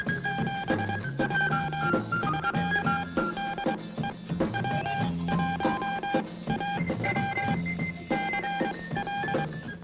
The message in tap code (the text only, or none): none